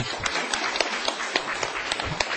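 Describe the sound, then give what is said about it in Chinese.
A lecture audience applauds an audience member's answer, many hands clapping steadily in a dense, crackling wash with a few sharper claps standing out, moderately loud throughout. “来给这位朋友掌声鼓励。”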